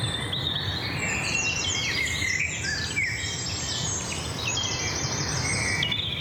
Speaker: Ja, het meeste wat je nu hoort, dat is roodborst.